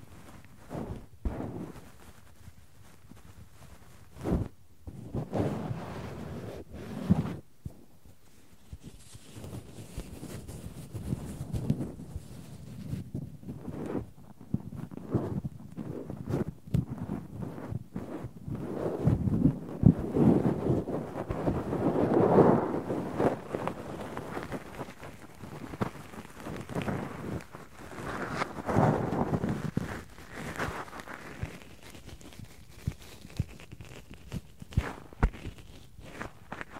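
Cotton is rubbed and plucked with tweezers in a steady stream of soft rustling and crackling. Dense little scratches and taps overlap throughout, with brief pauses early on and fuller, louder rubbing around the middle and again near the thirty-second mark.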